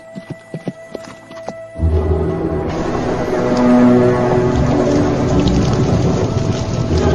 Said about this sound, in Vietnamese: Thủy Đại dục ngựa ra sức đuổi.